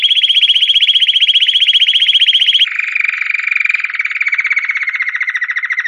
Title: Canto Canário Belga Campainha Puro Com Pausa Para Treinamento